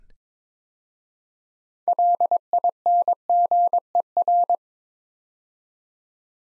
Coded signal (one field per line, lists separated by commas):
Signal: Morse code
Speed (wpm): 22 wpm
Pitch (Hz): 700 Hz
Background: none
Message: LINGER